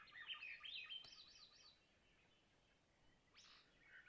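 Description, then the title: Swainson's thrush singing a fluty phrase that swirls upward, followed after a pause by the start of another ascending phrase; faint steady hiss behind. Boreal taiga by a clear lake, white spruce and mosses, Long Lake, Talkeetna, Alaska; spring night, twilight; 49-61°F, light to no wind; double mid-side MKH8040/MKH30 recording. "Swainson's Thrush - Catharus Ustulatus - thrush heaven"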